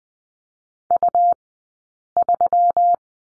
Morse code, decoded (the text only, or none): U3